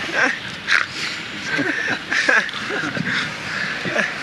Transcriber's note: laughter